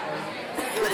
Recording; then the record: coughing mixed with background sound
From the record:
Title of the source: 30 Chesty and wet cough